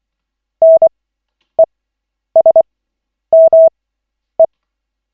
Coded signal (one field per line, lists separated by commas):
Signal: Morse code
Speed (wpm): 24 wpm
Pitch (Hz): 650 Hz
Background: none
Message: NESME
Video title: Koch 7/40, 03.01.2025, 1st CW practice session